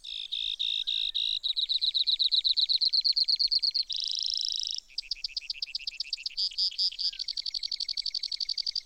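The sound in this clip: Brewer's sparrow song, a long run of high buzzy trills that shift in pitch and speed, with hardly a break.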